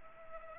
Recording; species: mosquito wingbeat signal from an infrared sensor; Culex pipiens